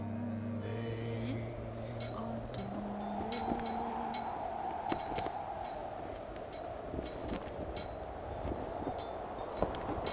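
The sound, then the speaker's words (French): Wind blows steadily through the streets of a town without letting up, a broad rushing hiss with a hollow whistling tone, low droning hums early on, and scattered small clicks and rattles throughout. “Et dans les rues de cette ville, souffle le vent, continuellement.”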